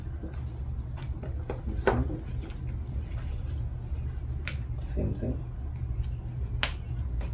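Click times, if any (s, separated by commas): 6.6 s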